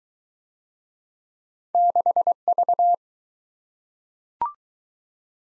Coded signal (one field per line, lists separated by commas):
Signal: Morse code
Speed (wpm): 20 wpm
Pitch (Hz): 700 Hz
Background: none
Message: 6V